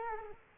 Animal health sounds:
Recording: mosquito wingbeat signal from an infrared sensor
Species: Culex quinquefasciatus

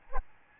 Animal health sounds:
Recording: mosquito wingbeat signal from an infrared sensor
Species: Aedes albopictus

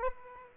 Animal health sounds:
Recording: mosquito wingbeat signal from an infrared sensor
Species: Aedes aegypti

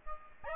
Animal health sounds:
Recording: mosquito wingbeat signal from an infrared sensor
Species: Aedes albopictus

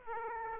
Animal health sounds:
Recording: mosquito wingbeat signal from an infrared sensor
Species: Aedes aegypti

